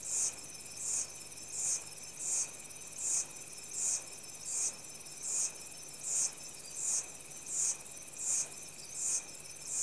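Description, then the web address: Insects calling together: regular shrill pulses recur about eighty times a minute above an unbroken high whine and a softer sustained buzzing tone. Insects in tropical rainforest, Central African Republic, early evening. "CENTRAL AFRICA REPUBLIC- Insects, early evening, tropical rainforest. Sound Effects Library-30 (Africa- The Natural World)"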